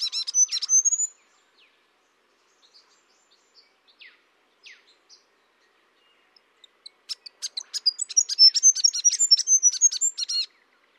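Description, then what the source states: Grey fantail calls: a burst of high squeaky chips, a quiet gap with scattered thin notes, then a rapid run of sharp high chattering chips near the end. Normal call.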